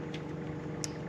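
A valve core removal tool is twisted on a tyre valve stem, unscrewing the metal valve core inside, over a steady low hum with a faint tick at 0.1 s. At 0.8 s a sharp, bright click is heard as the core reaches the end of its thread and comes free.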